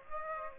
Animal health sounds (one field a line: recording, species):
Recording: mosquito wingbeat signal from an infrared sensor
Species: Aedes aegypti